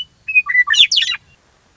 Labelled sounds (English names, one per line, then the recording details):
Western Meadowlark
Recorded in Sonoma County, California